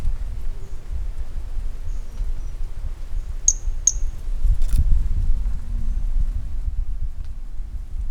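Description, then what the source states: Brachycephalus mirissimus calls: two short, high, pure-pitched notes about half a second apart, with fainter similar notes before and after, over a steady low rumbling background. Recorded 18 January 2018; individual number 10, later collected as a specimen.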